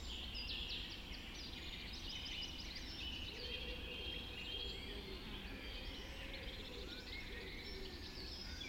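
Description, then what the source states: Birds singing together at dawn, a dense mix of twittering phrases and thin whistles throughout, with a constant low hum underneath. Dawn chorus recorded just after dawn in the Forest of Dean.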